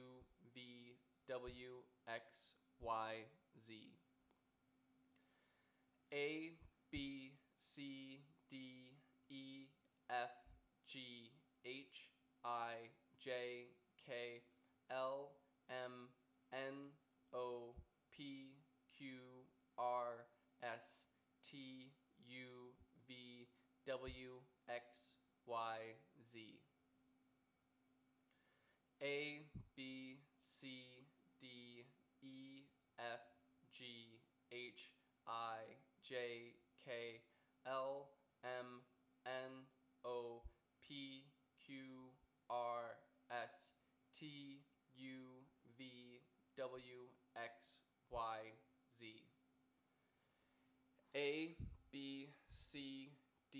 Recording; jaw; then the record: letters of the alphabet, spoken; free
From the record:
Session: first day, before the bite bar